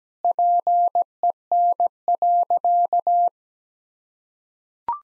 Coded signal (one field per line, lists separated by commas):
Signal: Morse code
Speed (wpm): 17 wpm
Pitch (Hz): 700 Hz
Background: none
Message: PEN.